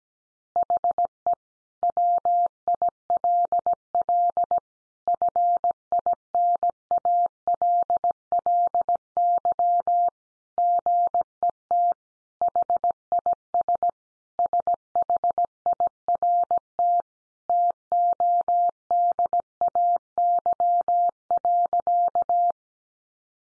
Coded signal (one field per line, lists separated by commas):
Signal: Morse code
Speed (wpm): 17 wpm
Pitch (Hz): 700 Hz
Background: none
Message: HE WILL FINALLY GET HIS SHIRT TODAY.